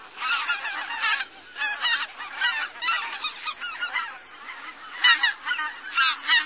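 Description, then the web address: Greater White-fronted Goose: a chorus of high yelping honks from several birds, overlapping throughout. "Songs of Birds of North America Stokes. Greater White-fronted Goose"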